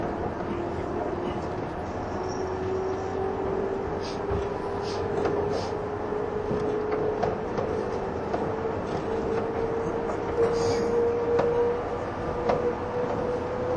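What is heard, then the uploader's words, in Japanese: Steady running noise recorded inside a train carriage, a dense low rumble with a motor whine that slowly rises in pitch as the train speeds up. Brief clicks and knocks from the wheels and car body come irregularly throughout, with a faint higher squeal near the middle. 185系 踊り子106号01 伊豆急下田～熱海。修善寺始発の列車を併結しつつも上り列車で最速となる、185系踊り子106号を収録したものです。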